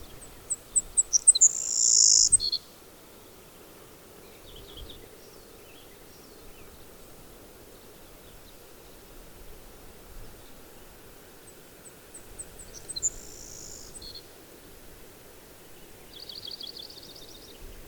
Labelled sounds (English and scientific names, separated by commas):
Savannah Sparrow (Passerculus sandwichensis) song